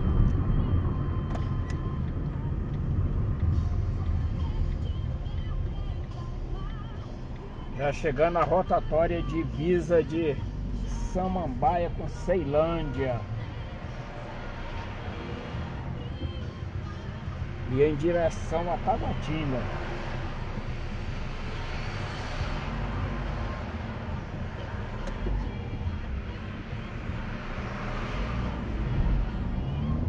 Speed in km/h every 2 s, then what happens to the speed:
29, 17, 8, 0, 0, 7, 2, 0, 0, 0, 0, 2, 0, 0, 21.
0-5 brakes to 0. 5-8 standing. 12-26 standing. 26-30 pulls away to 21.